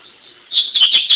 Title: Canto Coleiro